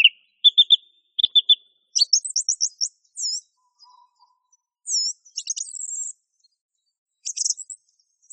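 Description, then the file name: Song thrush song with varied short phrases: paired whistled notes, a run of high sharp notes, doubled slurred calls and thin squeaks, separated by brief silences. Masteran (tutor) song used for training songbirds. "suara masteran songthrush"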